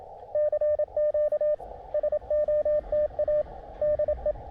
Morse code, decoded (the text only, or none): CQ SOTA DE